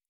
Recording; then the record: hydrophone in a shrimp aquaculture tank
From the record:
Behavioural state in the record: normal